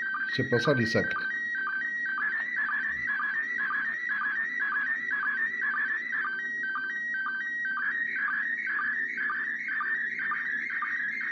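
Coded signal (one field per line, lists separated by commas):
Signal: SSTV (slow-scan television)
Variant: PD 120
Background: speech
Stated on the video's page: SSTV images from the ISS received on a smartphone.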